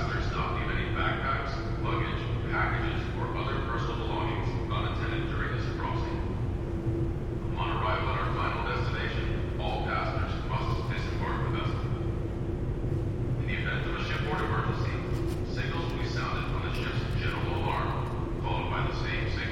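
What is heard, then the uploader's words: A steady low engine rumble with a constant hum fills the ferry's car deck while a man talks in bursts, pausing around eight and thirteen seconds. Seattle Inbound Rear Car Deck Launch Stereo. A days' worth of round-trips on the Seattle-Bainbridge Island Ferry, nearly all short fore-and-aft from then passenger and car decks.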